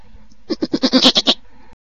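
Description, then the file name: Sheep giving one short, wavering bleat that breaks into about eight quick pulses, lasting under a second, with a little background hiss. "Keyshika Sheep"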